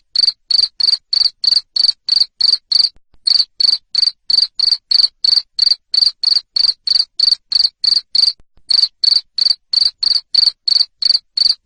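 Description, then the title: Shrill cricket chirps repeated quickly and evenly, about three per second, interrupted twice by brief silences. Loud cricket chirping played to make lovebirds sing continuously. "Suara JANGKRIK NGERIK Keras Bikin LOVEBIRD Jadi NGEKEK Terus Vubey"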